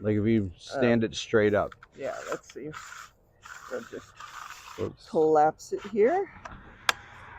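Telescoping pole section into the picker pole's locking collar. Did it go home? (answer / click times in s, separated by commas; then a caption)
yes / 6.9 s. Someone talks while collapsing the telescoping section of a fruit picker pole, with a rough scraping noise as the section slides down. It locks into the picker pole's locking collar with a single sharp click at 6.9 s, and the section is seated in place.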